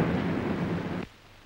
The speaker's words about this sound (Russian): Взрыв.